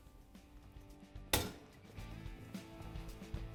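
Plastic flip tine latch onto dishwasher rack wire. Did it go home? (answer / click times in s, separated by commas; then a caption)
yes / 1.3 s. A plastic Bosch/Thermador/Gaggenau dishwasher flip tine latch, part 00418493, is lined up on the wire rack and pushed down until it snaps into place with a sharp click at 1.3 s. Music plays in the background, and the latch is seated.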